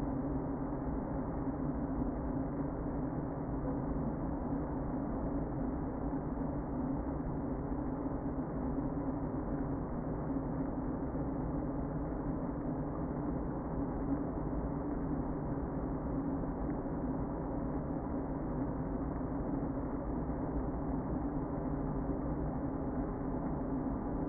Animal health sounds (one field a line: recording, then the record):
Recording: honeybee colony, microphone inside the hive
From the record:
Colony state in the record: queen present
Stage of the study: before two queens were removed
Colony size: about 60,000 bees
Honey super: yes